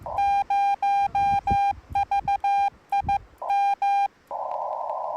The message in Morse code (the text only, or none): 0VIM